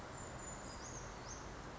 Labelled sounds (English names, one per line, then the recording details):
Brown Creeper
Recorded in Sonoma County, California